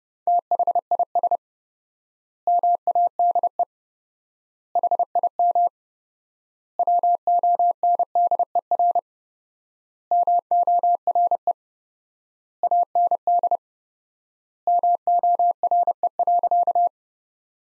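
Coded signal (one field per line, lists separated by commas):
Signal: Morse code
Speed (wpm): 30 wpm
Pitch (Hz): 700 Hz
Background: none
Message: THIS MADE HIM WONDER MORE AND MORE.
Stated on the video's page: Morse practice of sentences from the top 500 words at 30 wpm with 4x word spacing, a Farnsworth-like method applied to words.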